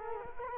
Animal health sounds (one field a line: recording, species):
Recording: mosquito wingbeat signal from an infrared sensor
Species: Culex quinquefasciatus